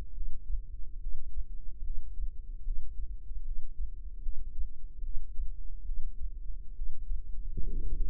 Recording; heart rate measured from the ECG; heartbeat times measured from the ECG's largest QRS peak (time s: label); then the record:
heart sounds by microphone in the right ear; 72 bpm
0.13 s: heartbeat
0.99 s: heartbeat
1.82 s: heartbeat
2.63 s: heartbeat
3.43 s: heartbeat
4.21 s: heartbeat
5.02 s: heartbeat
5.84 s: heartbeat
6.74 s: heartbeat
7.65 s: heartbeat
From the record:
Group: healthy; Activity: breath hold 0-7 s, rest 7-8 s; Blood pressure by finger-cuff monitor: 102/66 mmHg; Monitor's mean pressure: 80 mmHg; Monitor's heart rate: 74 bpm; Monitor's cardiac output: 6.4 L/min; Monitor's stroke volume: 89 mL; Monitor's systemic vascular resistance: 910 dyn s/cm5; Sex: female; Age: 22 years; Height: 157 cm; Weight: 47.6 kg